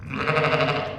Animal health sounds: contact call of a hoofed animal; sheep; low-frequency (closed-mouth) or high-frequency (open-mouth) call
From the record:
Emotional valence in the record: negative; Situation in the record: short social isolation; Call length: 0.99 s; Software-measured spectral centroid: 1780 Hz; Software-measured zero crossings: 2020 a second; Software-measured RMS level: -24 dBFS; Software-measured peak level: -6 dBFS

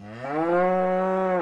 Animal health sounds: contact call of a hoofed animal; cattle; low-frequency (closed-mouth) or high-frequency (open-mouth) call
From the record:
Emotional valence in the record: negative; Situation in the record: full separation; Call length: 1.42 s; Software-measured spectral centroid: 1110 Hz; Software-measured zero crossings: 1400 a second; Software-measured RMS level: -24 dBFS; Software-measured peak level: -12 dBFS

